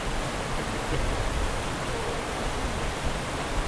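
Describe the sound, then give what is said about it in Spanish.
Water rushes and splashes steadily over a small cascade in a river, where people are collecting water for a sancocho, a dense, even hiss of churning water with a low rumble underneath and no voices. “Tiene que ser en una pequeña cascadita.”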